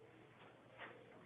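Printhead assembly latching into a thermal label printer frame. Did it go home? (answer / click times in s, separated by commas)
no / none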